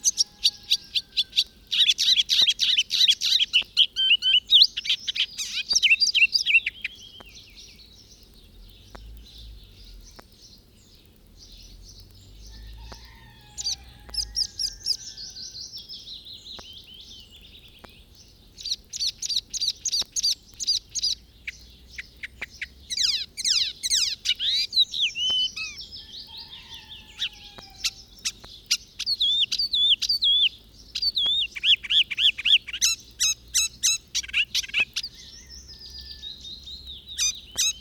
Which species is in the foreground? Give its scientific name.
Hippolais icterina